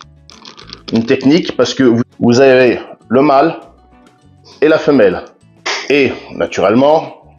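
A male MC4 solar connector is handled near a female MC4 connector while someone talks, with a few faint short ticks near the start. The parts have not been pushed together yet, and nothing has seated or clicked.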